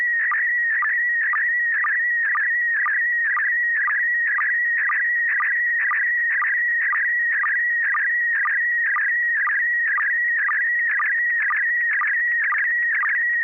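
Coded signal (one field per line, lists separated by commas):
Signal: SSTV (slow-scan television)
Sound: warbling tone around 1.9 kHz with rapid chirps and regular short low sync blips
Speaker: good evening uh kl7hqr yes i copied uh very well although quite a few pops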